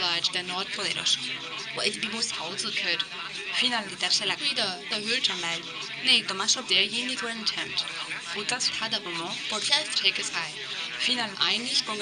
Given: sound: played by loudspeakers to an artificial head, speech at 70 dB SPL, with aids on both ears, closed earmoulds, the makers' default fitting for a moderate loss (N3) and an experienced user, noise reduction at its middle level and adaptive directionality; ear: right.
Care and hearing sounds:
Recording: speech test signal (ISTS) in cocktail-party noise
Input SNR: +3 dB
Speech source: on the right (90 degrees)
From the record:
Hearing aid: class 2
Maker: A

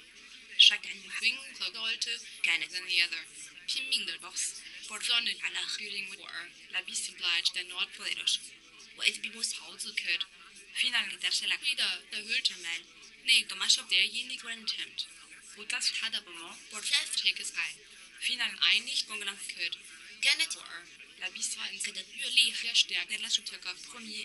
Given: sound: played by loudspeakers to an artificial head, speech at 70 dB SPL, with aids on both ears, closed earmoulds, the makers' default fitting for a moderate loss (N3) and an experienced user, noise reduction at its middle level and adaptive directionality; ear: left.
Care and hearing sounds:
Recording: speech test signal (ISTS) in cocktail-party noise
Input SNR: +6 dB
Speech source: in front (0 degrees)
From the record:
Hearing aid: class 2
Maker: J

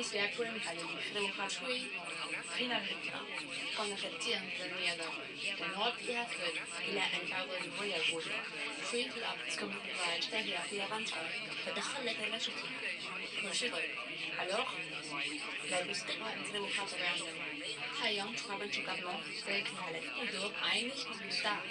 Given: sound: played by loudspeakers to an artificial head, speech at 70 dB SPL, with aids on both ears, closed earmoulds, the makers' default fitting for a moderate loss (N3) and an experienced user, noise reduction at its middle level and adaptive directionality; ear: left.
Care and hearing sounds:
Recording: speech test signal (ISTS) in cocktail-party noise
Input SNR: +3 dB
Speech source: on the right (90 degrees)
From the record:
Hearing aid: class 2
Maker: I

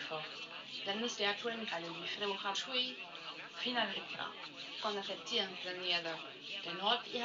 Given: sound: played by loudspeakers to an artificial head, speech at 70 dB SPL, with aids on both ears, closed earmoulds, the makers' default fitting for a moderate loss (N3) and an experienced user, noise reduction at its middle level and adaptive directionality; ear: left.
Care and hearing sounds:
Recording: speech test signal (ISTS) in cocktail-party noise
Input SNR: +9 dB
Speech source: on the right (90 degrees)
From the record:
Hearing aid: class 1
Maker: G

